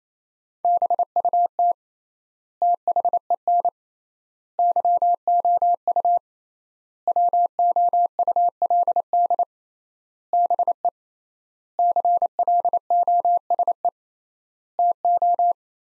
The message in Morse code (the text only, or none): BUT THEN YOU WOULD BE CLOSE TO